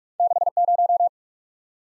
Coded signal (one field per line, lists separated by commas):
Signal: Morse code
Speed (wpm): 44 wpm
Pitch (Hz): 700 Hz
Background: none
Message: 6 0